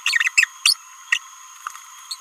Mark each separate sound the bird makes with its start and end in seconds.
0.05-0.34, 0.38-0.48, 0.66-0.77, 1.12-1.18, 2.11-2.17